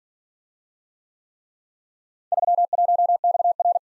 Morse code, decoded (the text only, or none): 31XR